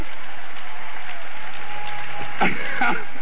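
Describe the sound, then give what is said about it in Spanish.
A church audience claps steadily for Christ during a pastor's sermon, a dense, continuous wash of many hands applauding at once, with a couple of brief louder bursts near the end and a faint voice mixed in. “Denle un aplauso a Cristo, denle un aplauso a Cristo, eso merece.”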